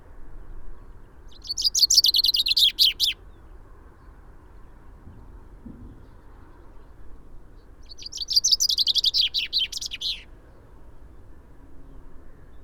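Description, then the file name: Common chaffinch singing twice, each phrase a rapid run of sharp notes descending in pitch and finishing with a brief flourish, separated by a quiet gap of several seconds. "Fringilla coelebs"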